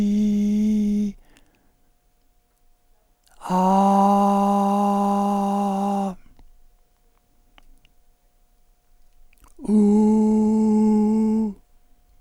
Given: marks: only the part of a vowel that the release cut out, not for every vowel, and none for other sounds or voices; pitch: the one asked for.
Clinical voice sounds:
sustained vowels; male; 70 to 79 years
0.00-1.01 s: vowel /i/, normal pitch
3.64-5.96 s: vowel /a/, normal pitch
9.80-11.38 s: vowel /u/, normal pitch
From the record:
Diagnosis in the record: cordectomy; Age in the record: 72 years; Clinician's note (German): Zustand danach

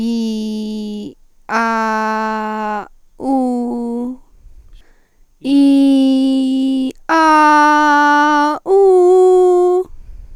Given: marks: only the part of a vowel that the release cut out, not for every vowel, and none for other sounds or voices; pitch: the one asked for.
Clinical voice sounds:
sustained vowels; female; 18 to 19 years
0.00-1.01 s: vowel /i/, normal pitch
1.58-2.77 s: vowel /a/, normal pitch
3.28-4.06 s: vowel /u/, normal pitch
5.53-6.84 s: vowel /i/, high pitch
7.15-8.49 s: vowel /a/, high pitch
8.73-9.76 s: vowel /u/, high pitch
From the record:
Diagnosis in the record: healthy voice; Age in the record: 18 years

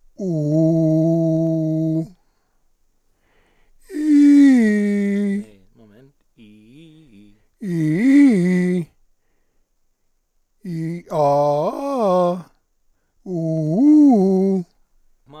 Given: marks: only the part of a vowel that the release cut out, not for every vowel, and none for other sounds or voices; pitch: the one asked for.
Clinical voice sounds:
sustained vowels; male; 60 to 69 years
0.47-1.96 s: vowel /u/, low pitch
7.70-8.78 s: vowel /i/, low-high-low pitch
11.19-12.35 s: vowel /a/, low-high-low pitch
13.34-14.56 s: vowel /u/, low-high-low pitch
From the record:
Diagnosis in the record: cordectomy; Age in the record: 61 years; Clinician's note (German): Zustand nach laserchirurgischer Rezidivabtragung, Chordektomie

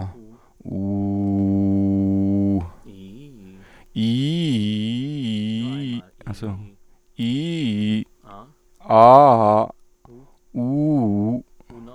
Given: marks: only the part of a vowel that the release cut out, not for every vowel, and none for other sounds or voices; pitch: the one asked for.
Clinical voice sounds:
sustained vowels; male; 30 to 39 years
0.84-2.52 s: vowel /u/, low pitch
7.22-7.97 s: vowel /i/, low-high-low pitch
9.18-9.62 s: vowel /a/, low-high-low pitch
10.58-11.27 s: vowel /u/, low-high-low pitch
From the record:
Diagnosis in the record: stuttering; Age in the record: 35 years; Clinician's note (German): Stimmlippen ohne Befund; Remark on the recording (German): "am" ist kürzer als 500 ms.

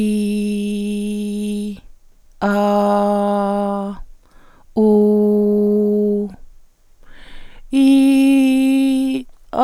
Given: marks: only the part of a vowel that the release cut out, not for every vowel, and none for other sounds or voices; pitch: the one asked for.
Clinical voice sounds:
sustained vowels; female; 60 to 69 years
0.00-1.45 s: vowel /i/, normal pitch
2.60-3.59 s: vowel /a/, normal pitch
5.13-6.10 s: vowel /u/, normal pitch
7.88-9.07 s: vowel /i/, high pitch
From the record:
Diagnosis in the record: intubation injury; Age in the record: 66 years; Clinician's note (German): Phonationstrauma nach Intubation, keine Aryluxation

